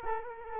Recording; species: mosquito wingbeat signal from an infrared sensor; Culex quinquefasciatus